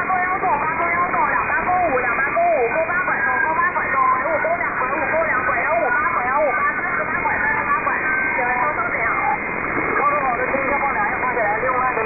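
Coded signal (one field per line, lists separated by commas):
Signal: unidentified radio signal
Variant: VC03, Chinese Robot type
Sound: continuous robotic warbling and chirping tones, like garbled squawking voices, over hiss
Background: radio static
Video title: Shortwave oddity, Chinese Robot cousin, Chinese VC03, 7548 kHz, USB mode, 28 May, 2023, 1306 UTC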